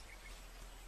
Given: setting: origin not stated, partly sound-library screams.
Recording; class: one-second piece from a danger detection set; normal situation